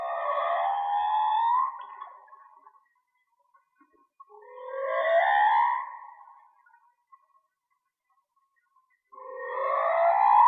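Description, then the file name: Whale song: drawn-out moaning units sweeping upward with rich overtones, repeated about every four to five seconds with silent gaps between. Mono; shared for whale watching. "Whale Song-colin"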